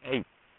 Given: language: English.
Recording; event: throat vibration sensor signal played as sound; speech